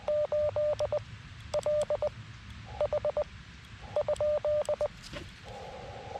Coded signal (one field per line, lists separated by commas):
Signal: Morse code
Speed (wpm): 18 wpm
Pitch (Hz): 600 Hz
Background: none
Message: 8 L H ?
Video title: Operator Error: K2EJT POTA at K-2023 Buttermilk Falls State Park